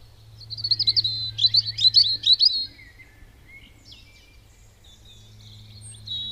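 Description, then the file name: European robin song: a quick run of thin, high, tinkling notes and trills in the first half, then quieter scattered high twitters, with a low steady hum underneath. "Erithacus rubecula"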